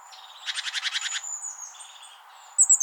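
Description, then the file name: Great tit buzzy call: a rapid churring rattle of several harsh pulses, followed by faint softer notes and three sharp high notes at the end. "Parus major"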